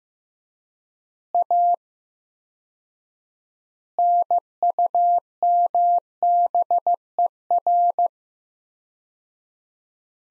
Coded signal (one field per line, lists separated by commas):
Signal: Morse code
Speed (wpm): 15 wpm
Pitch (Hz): 700 Hz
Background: none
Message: A NUMBER